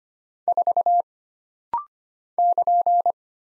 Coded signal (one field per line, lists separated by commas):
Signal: Morse code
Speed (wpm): 25 wpm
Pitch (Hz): 700 Hz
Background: none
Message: 4 <KN>